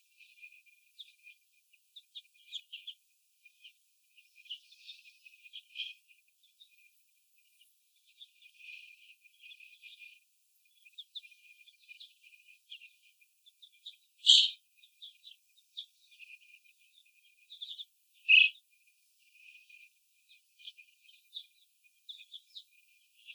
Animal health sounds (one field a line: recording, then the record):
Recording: young laying hens in a cage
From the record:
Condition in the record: after the stressor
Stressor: sudden umbrella opening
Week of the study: 2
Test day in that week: 1